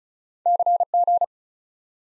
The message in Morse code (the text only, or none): CG